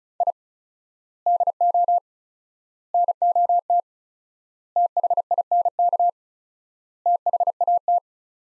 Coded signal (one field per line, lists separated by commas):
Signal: Morse code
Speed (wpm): 36 wpm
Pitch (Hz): 700 Hz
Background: none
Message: I DO NOT THINK THAT